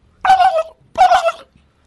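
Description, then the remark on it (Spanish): A human voice imitates a turkey gobble in two short, high-pitched warbling bursts separated by a brief pause, each with a rapid throaty trill, with no other sounds around them. “Bueno, primero te puedo hacer el pavo, que el sonido del pavo sería...”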